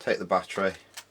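Someone talks while handling the battery for a Sony ICF-PRO80 portable radio, about to push it into the radio's battery compartment after the corroded battery contact was repaired. A brief faint tick is heard near 1.0 s, but the battery has not seated or clicked into place yet.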